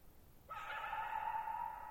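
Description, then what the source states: Coyote howl, a single steady drawn-out wail that holds one pitch and swells slightly. Lone coyote at night, July 14, 2019, near Thirtymile Meadows, Okanogan National Forest (Okanogan High Country, Pacific Northwest), 6400 ft (1950 m); high dry plateau, shallow bowl-shaped meadow; vocalized nearly 50 minutes.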